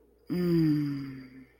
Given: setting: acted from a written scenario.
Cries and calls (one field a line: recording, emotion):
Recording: vocal sound without words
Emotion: ecstasy